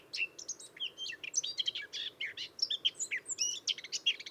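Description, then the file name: Eurasian blackcap warbling continuously, a dense stream of varied squeaky, chattering and whistled notes over soft steady background hiss. "Sylvia atricapilla"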